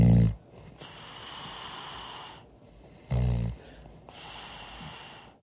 The sound of snoring. Sleeping there in the studio, so they stuck a microphone in his face and recorded him snoring.